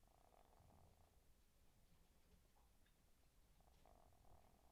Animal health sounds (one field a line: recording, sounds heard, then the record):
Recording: poultry house recording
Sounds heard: sick chickens (respiratory disease)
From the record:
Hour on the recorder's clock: 22